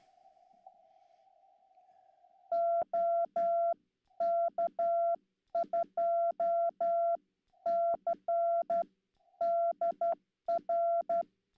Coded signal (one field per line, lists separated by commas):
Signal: Morse code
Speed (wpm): 12 wpm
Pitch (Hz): 680 Hz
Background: none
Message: OK2CDR